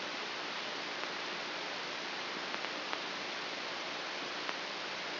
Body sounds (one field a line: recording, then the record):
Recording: brain microelectrode recording played as sound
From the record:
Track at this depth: inside the subthalamic nucleus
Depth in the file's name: 2.004 mm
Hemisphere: left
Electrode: 2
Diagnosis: Parkinson's disease